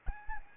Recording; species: mosquito wingbeat signal from an infrared sensor; Aedes albopictus